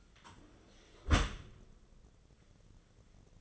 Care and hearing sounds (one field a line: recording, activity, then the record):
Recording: daily activity, microphone in the room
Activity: close dishwasher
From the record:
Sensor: 4